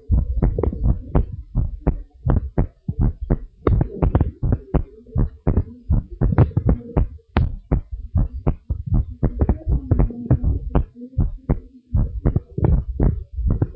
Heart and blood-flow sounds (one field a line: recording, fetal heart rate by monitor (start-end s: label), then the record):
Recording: heart sounds of a pregnant woman by stethoscope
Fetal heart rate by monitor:
no fetal heartbeat
From the record:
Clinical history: preeclampsia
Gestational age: 39 weeks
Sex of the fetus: boy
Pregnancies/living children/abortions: 4/1/2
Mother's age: 37 years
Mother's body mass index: 25.5